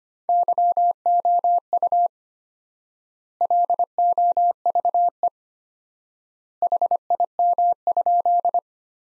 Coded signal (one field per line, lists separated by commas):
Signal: Morse code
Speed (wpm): 25 wpm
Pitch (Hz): 700 Hz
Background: none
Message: YOU LOVE HIM?